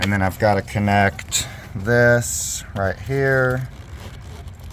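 Someone talks while reinstalling a plastic intake manifold on a Ford 4.6 V8, handling a connection, either a hose or an electrical connector, that is about to be pushed into place on the manifold. Faint handling noise sits under the voice. Nothing has seated or clicked yet.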